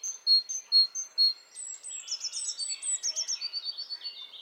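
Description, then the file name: Great tit calls: a few loud ringing high notes, then a busy stream of buzzy, chattering notes that run together until the end. "Parus major"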